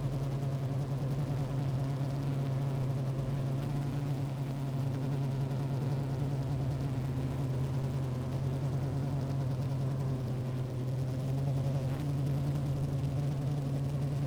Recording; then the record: honeybee colony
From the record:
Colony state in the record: active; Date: 28 July 2017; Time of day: 15:19